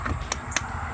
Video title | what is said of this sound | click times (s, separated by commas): NEST IQ Outdoor Camera Install and Setup Handy Home Owner | that? 2 clicks. She's good to go. | 0.3 s, 0.6 s